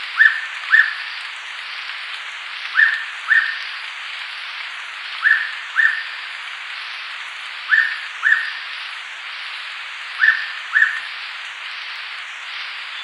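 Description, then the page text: Hooded pitta repeating its two-note whistled song five times at regular intervals of about two and a half seconds, over a continuous hissing background. "Hooded Pitta Song. Quick Sounds"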